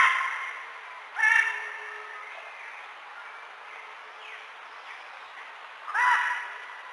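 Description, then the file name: Macaw making two short, hoarse squawks about five seconds apart, with faint quiet sounds between them. "canto del guacamayo militar"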